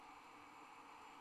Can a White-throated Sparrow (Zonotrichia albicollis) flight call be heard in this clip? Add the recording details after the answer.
no. No flight call is heard. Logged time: 07:51 on 30 November 2014